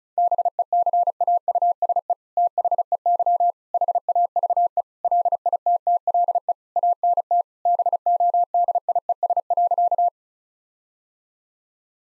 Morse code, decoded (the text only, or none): BECAUSE THEY HAVE LITTLE ANT BODIES.